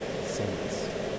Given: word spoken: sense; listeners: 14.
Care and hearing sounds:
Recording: one English word in noise, from a listening test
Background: speech-shaped noise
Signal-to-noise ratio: -5.7 dB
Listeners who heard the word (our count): 2 of 14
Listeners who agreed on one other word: 6 of 14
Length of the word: 0.79 s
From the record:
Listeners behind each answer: 6, 2, 2, 1, 1, 1, 1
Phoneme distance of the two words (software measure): 10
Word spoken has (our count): 1 syllable, 4 phonemes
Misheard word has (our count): 1 syllable, 4 phonemes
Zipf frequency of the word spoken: 5.23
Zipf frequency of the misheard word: 5.46

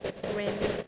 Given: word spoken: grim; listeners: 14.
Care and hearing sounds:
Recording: one English word in noise, from a listening test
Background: noise modulated by three-talker babble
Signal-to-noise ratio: -4.6 dB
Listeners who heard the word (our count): 2 of 14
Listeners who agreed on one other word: 7 of 14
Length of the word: 0.48 s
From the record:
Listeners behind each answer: 7, 2, 2, 1, 1, 1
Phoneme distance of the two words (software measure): 10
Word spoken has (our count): 1 syllable, 4 phonemes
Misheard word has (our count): 1 syllable, 4 phonemes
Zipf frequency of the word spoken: 3.88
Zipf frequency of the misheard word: 3.55

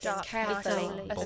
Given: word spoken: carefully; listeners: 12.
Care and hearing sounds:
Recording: one English word in noise, from a listening test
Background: four-talker babble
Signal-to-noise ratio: -1.2 dB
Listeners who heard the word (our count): 4 of 12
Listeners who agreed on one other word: 6 of 12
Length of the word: 0.86 s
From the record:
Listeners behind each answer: 6, 4, 1, 1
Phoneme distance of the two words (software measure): 49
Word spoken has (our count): 3 syllables, 6 phonemes, stress on syllable 1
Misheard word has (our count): 1 syllable, 3 phonemes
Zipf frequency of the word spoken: 4.58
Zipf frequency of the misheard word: 4.94

